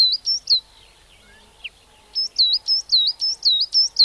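Coal tit song: high two-note phrases, a pause, then a rapid, steady run of the same phrases.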